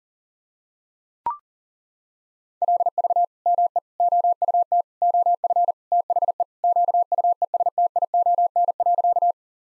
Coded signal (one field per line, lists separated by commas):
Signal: Morse code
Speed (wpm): 40 wpm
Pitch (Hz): 700 Hz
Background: none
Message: LV ME OUT OF THE QUESTION.